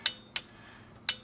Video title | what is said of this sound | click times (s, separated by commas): How to fix! Ford Triton 5 4 Spark Plug Blowout | hear that torque wrench clicking | 0.1 s, 0.4 s, 1.1 s